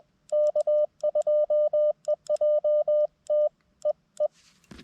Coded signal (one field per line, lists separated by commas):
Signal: Morse code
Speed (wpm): 20 wpm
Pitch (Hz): 590 Hz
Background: none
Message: K2EJT EE